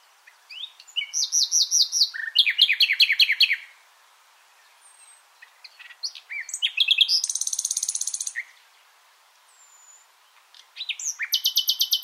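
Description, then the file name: Common nightingale song in several phrases: rapid repeated chirps, a loud buzzy high trill, and further trilled bursts separated by short pauses. "Luscinia megarhynchos"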